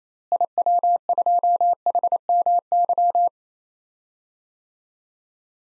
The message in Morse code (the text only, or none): IW2HMY